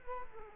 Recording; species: mosquito wingbeat signal from an infrared sensor; Culex quinquefasciatus